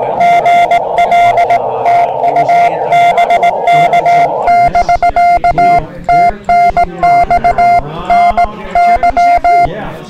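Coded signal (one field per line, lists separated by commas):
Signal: Morse code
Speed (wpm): 18 wpm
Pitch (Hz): 700 Hz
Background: speech, radio noise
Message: GL TU BK<BK> TNX NY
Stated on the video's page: QRP CW contacts on a homemade base-loaded shortened vertical antenna, in conditions poor for compromised antennas.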